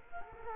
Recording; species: mosquito wingbeat signal from an infrared sensor; Culex quinquefasciatus